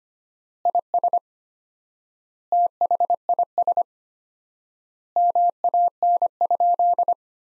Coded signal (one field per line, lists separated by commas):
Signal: Morse code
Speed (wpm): 25 wpm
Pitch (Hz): 700 Hz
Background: none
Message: IS THIS MAN?